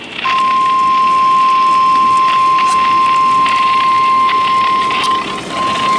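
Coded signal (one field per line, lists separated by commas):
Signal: Emergency Alert System (SAME) tones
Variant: 1050 Hz attention tone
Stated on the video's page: Real alerts received during a major winter storm.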